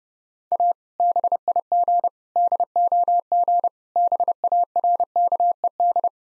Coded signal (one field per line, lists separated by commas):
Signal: Morse code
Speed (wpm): 32 wpm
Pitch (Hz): 700 Hz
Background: none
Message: A BIG DOG BARKED